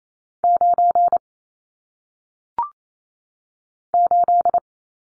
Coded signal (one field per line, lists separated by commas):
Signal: Morse code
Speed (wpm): 28 wpm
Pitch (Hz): 700 Hz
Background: none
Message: 9 8